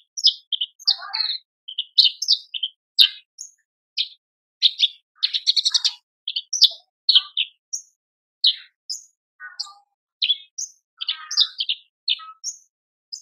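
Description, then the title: Horsfield's bush lark singing a long, busy run of varied chirps, trills and buzzy notes in quick succession, with occasional lower slurred sounds. Singing prolifically; masteran recording used to train cage birds. "KICAUAN BRANJANGAN GACOR"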